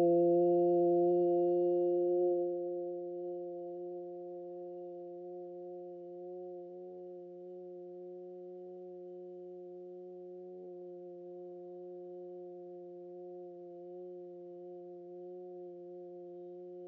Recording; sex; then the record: sustained vowel /u/; female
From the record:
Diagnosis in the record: healthy control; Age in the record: 61 years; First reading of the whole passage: 59 s, 8.5 characters per second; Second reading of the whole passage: 54 s, 7.6 characters per second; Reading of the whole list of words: 57 s, 4.9 characters per second